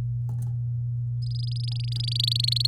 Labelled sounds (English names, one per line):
Domestic Canary song